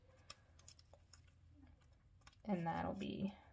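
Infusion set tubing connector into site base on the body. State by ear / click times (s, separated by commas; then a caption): not seated / none. A plastic tubing connector from a Medtronic pump infusion set is handled and maneuvered into the infusion site base on the body, a part that fits only one way. Faint plastic ticks and taps sound at about 0.3, 0.7, 1.1 and 2.3 seconds, then someone talks through the last second. Nothing has seated or clicked yet.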